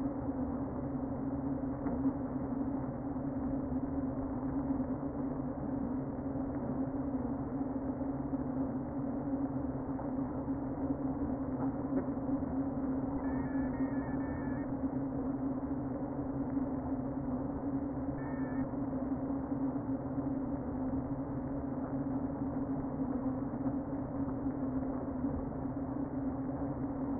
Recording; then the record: honeybee colony, microphone inside the hive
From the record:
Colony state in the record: queen present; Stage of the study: before two queens were removed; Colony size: about 60,000 bees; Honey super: yes